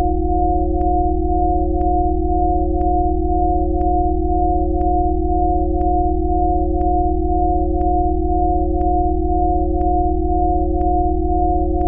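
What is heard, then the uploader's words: Steady pure tones stacked at several low pitches beat against each other in a constant throb, with faint clicks repeating about once per second. Made with only pure sinusoidal signals. All rhythmic variation is observed due to pitch differences between the various signals interfering with each other constructively and destructively.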